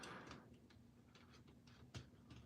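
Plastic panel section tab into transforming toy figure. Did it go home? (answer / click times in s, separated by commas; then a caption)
yes / 2.0 s. A plastic panel section of a Transformers Mechanical Alliance Thunder Warrior (Bumblebee Blitzwing) transforming toy figure is handled and tabbed together, with light plastic rattles and small clicks around 0.3 s and 1.2 s. A sharper click at 2.0 s marks the section seating into place.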